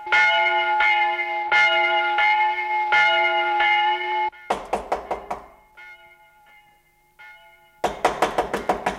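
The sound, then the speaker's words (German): Ringing bell tones sound for several seconds, then give way to a rapid series of sharp, loud knocks on a door, a short lull with faint tones, and another burst of knocking. “Wer ist das, der da klopft?”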